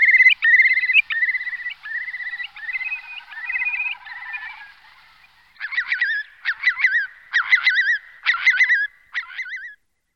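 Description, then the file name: Eurasian curlew calls: a run of short, clear whistled notes repeated in quick succession, then loud bubbling, wavering phrases that rise and fall, with brief pauses between them. "koliha-velká"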